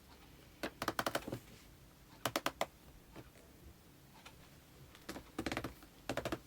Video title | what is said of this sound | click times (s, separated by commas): I Couldn't Wait! - Smart Doll Evolve Frame - Anime North - Testing Flexibility and New Bust Size! | Here I haven’t moved the mic any closer than usual, but you can hear the joints clicking into place | 0.9 s, 1.0 s, 1.1 s, 2.3 s, 2.4 s, 2.5 s